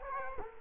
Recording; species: mosquito wingbeat signal from an infrared sensor; Culex quinquefasciatus